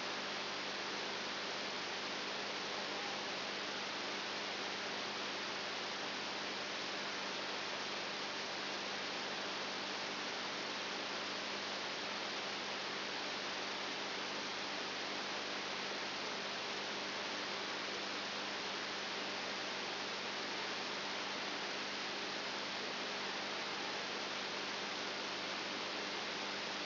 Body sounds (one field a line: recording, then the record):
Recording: brain microelectrode recording played as sound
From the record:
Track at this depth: outside the subthalamic nucleus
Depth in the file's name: 7.5 mm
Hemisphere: right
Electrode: 2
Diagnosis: Parkinson's disease